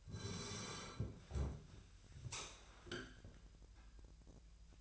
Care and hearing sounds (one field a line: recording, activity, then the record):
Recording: daily activity, microphone in the room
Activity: sit down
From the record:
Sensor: 2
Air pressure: 1001.7 hPa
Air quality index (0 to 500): 240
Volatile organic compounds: 74 ppm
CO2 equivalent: 3554 ppm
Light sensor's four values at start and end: 7/17/7/8 and 9/21/9/9